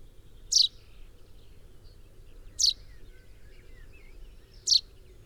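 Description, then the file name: Common chaffinch giving three sharp, high downslurred call notes, each about two seconds apart, over a soft steady background hiss. "Fringilla coelebs 180719"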